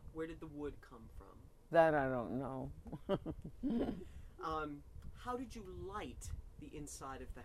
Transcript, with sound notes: Where did the wood come from?
That I don't know (both laugh)
How did you light the inside of the house?